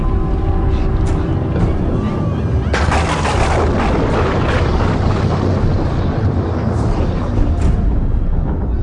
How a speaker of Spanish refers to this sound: De pronto, el cielo pareció roncar y entre truenos y relámpagos se dejó caer una lluvia que le daba un cariz aún más tenebroso a este proceso.